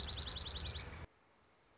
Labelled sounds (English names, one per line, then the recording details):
Dark-eyed Junco
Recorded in Sonoma County, California